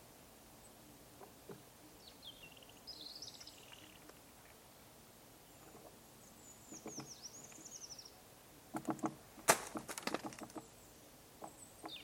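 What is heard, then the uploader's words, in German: A great spotted woodpecker knocks on a tree trunk, picked up through the wood as scattered dull taps at an irregular pace, with a louder, denser burst of blows around nine to ten seconds. High thin bird chirps come and go over a low steady hiss. Wie es klingt, wenn man das Mikrophon an einen Baumstamm hält, an dem ein Buntspecht klopft.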